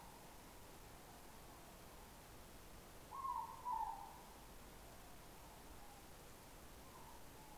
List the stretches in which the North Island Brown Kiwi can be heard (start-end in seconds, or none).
none